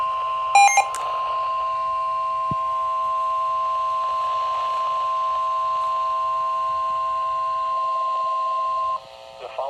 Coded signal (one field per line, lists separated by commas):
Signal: Emergency Alert System (SAME) tones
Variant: 1050 Hz attention tone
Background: speech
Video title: Happy one year anniversary of my Channel 2 double headers costal floods and a high wind warning